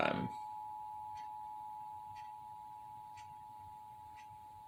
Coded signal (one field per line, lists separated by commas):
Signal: Emergency Alert System (SAME) tones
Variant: 853 and 960 Hz attention tone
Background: speech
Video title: (CORRECT TEST) EAS #432: Tornado Warning - Indiana (3/14/2023) (WXIN)